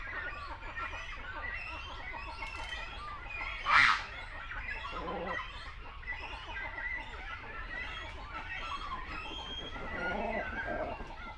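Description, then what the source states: Great cormorants croaking and chattering throughout, with a sudden sharp, loud burst near four seconds and a deeper grunting call later. Continental great cormorant, calling at a colony.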